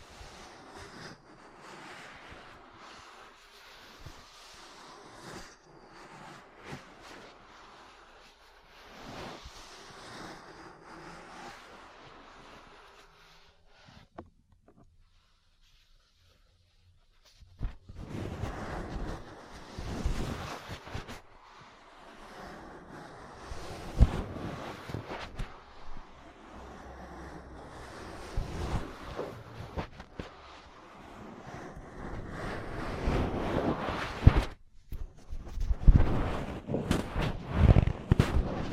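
Ear cleaning and massage, with soft rubbing and scratching close to the microphone, broken by frequent sharp taps and clicks. The first half is quieter with brief gaps, a near-silence around 15 seconds, then louder, denser rubbing and tapping from about 17 seconds onward.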